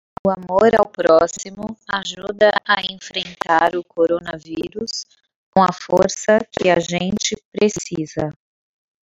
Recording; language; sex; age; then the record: spoken sentence; Brazilian Portuguese; female; 30 to 39 years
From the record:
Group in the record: control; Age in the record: 38 years